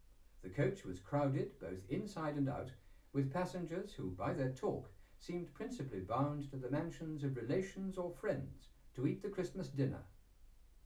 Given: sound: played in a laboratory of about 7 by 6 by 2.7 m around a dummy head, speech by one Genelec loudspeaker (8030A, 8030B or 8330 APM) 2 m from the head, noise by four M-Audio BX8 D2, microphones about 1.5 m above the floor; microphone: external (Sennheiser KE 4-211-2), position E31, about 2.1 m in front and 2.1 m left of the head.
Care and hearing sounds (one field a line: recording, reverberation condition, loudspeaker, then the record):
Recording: male speech in English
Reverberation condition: low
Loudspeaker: 90 degrees to the right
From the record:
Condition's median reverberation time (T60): about 310 ms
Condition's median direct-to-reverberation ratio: about 3.5 dB